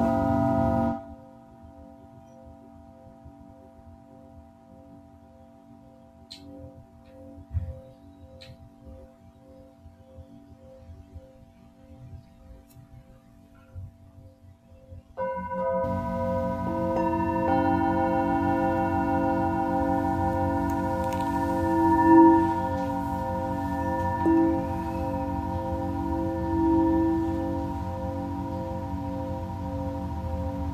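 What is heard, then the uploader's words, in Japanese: Tibetan singing bowls ring in long, sustained tones with a slow wavering pulse. After an opening strike the sound fades to a quiet, low hum with a few faint clicks, then around fifteen seconds a fresh, louder strike swells into a full, layered drone that holds steadily to the end. 深夜のシンギングボウルのサウンドヒーリング。チベタンシンギングボウル。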